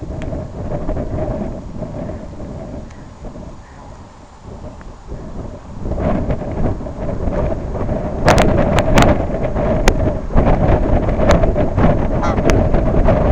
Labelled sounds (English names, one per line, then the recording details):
Brent Goose
unidentified sound
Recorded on Arctic tundra, site IGLO-B, on 25 June 2018
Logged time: 19:59